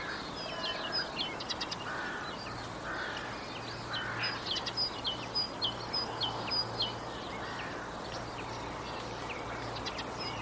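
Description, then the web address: Bird chirps come in a fast, uneven series of sharp high notes and short trills, with a low steady hum and broad hiss behind them. "Bird Only"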